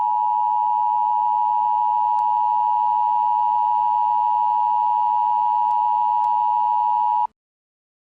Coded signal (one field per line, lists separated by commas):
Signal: Emergency Alert System (SAME) tones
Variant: 853 and 960 Hz attention tone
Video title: Little Einsteins.exe 2: The Final exe War (an EAS Scenario)